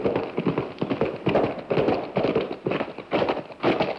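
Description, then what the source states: Horse hoofbeats: echoing clops in a quick, uneven rhythm, about two strikes per second, with heavy reverberation throughout. Horse in a tunnel.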